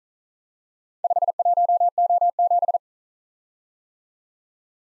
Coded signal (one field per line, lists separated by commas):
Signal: Morse code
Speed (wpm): 41 wpm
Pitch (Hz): 700 Hz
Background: none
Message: 51O7